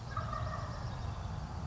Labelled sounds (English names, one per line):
Wild Turkey